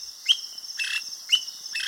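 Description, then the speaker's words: Greater Honeyguide chattering, sharp repeated notes, each with a bright upward flick followed by a grating burst, about once a second. Sun-drenched morning in Kenya; the bird flares its tail while chattering, flashing white spots; demanding call used to guide people searching for honey to beehives. "It's the call of a greater honey guide."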